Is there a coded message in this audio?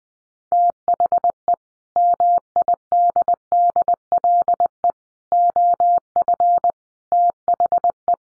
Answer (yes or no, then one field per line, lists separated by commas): yes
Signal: Morse code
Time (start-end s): 0.5-8.1 s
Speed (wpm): 20 wpm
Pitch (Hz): 700 Hz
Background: none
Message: THE MIDDLE OF THE